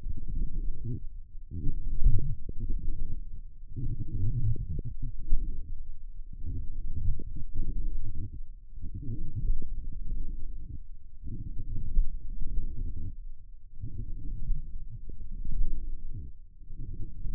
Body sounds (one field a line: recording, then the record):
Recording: forearm muscle sounds (acoustic myography)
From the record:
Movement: forearm pronation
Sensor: system 1, eight BSWA MPA416 microphones around the upper forearm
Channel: 5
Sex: female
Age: 21 years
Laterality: right